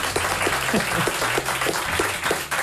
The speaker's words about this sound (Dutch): Applaus, ja.